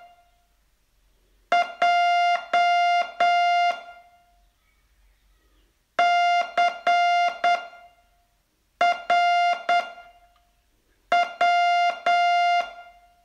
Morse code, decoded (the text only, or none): J CRW